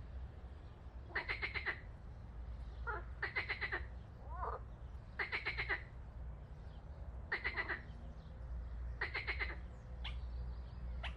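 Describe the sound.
Frog calls: rattling, pulsed croaks about every two seconds, with a few shorter notes between and a low background hum.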